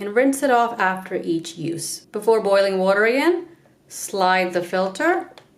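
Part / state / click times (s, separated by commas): removable filter into electric kettle body / not seated / none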